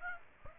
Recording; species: mosquito wingbeat signal from an infrared sensor; Aedes aegypti